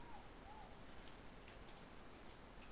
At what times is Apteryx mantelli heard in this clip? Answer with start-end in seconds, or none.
none